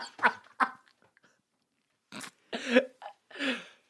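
About six short, harsh cough and throat-clearing bursts from an adult man come in two groups over four seconds, with a brief pause between the groups. The coughs sound forced and exaggerated, acted for comic effect, with no wheeze or stridor.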